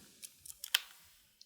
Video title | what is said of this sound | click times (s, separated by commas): 02 Physical Overview | and it locks into place. | 0.8 s